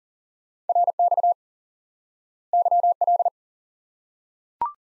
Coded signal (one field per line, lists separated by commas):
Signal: Morse code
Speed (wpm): 40 wpm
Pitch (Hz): 700 Hz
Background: none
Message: RX YL